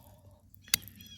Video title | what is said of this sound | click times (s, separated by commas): S&W 64-8 vs GLOCK G48 AMMO TYPES | and I'm going to wiggle it around a little bit till I hear it latch | 0.7 s